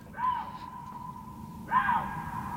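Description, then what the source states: Lynx contact call: two short arched tonal cries about a second and a half apart, over low background noise. In the wild, 2017; contact call heard mostly during the rut, when the far-travelling male calls to find females and waits for a reply.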